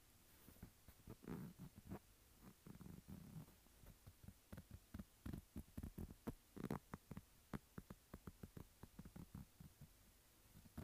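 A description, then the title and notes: Fingers tap and scratch a textured phone case in quick, uneven bursts, with sharp clicks clustering densely from the third second onward. Tapping and Scratching Textured Phone Case.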